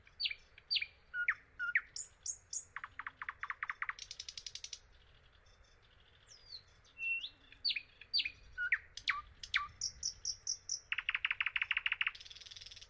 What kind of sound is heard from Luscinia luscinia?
song